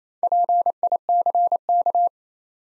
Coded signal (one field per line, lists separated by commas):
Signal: Morse code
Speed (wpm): 29 wpm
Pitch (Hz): 700 Hz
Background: none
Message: PICK